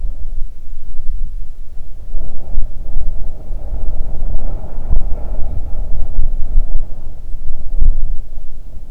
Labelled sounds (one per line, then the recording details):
wind
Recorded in the Arctic National Wildlife Refuge, Alaska, on 3 June 2019 at 04:30
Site 37